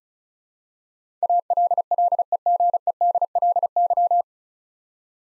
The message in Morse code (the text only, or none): ALLEGEDLY